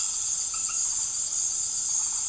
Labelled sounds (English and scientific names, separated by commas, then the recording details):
none
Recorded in secondary vegetation near Puerto Asís, Putumayo, Colombia, on 12 March 2025 at 20:30
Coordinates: 0.489, -76.322
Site G042